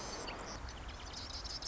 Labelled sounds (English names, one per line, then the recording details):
Marsh Wren
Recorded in Sonoma County, California